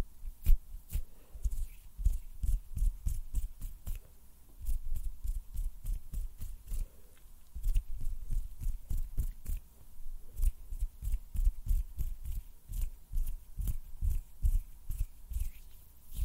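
Hand sounds and snapping: a rapid, fairly regular stream of sharp clicks and snaps runs throughout, with slight pauses near 4, 10 and 12 seconds. Each snap is short and crisp with a low thump beneath, and a faint steady hum sits in the background.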